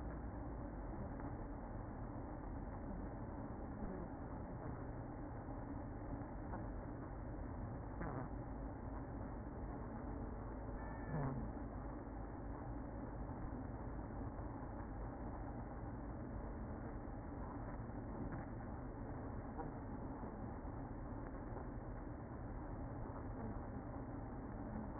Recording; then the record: honeybee colony, microphone inside the hive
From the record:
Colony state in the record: queen present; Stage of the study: after two queens were removed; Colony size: about 60,000 bees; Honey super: yes